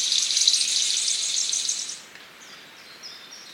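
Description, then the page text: King of Saxony bird-of-paradise giving a loud rasping, static-like hiss for about two seconds, fading into faint high whistled notes. "Чешуйчатая райская птица - King of Saxony Bird-of-paradise (Pteridophora alberti). The Birb"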